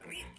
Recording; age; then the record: pig call; piglet (1 to 25 days)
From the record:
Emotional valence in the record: negative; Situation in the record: restrain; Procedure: sham castration, fixation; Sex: male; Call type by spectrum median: high-frequency call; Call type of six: low-frequency tonal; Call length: 0.39 s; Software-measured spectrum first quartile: 1456 Hz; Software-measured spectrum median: 2799 Hz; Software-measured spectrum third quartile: 5651 Hz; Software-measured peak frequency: 2989 Hz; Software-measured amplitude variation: 113 dB a second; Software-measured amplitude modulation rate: 23.3 a second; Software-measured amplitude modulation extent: 4.9 dB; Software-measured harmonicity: 3.3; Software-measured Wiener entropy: -2.96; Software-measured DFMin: 708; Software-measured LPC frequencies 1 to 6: 2449, 2969, 5327, 7947, 9334, 10116 Hz